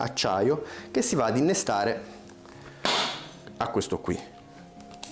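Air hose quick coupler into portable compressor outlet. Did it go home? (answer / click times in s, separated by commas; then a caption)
yes / 5.0 s. The rubber-and-steel air hose of a portable Vevor 12V compressor is plugged into the quick-connect coupling on the compressor while someone talks. A sharp click is heard at 5.0 s as the hose coupling seats.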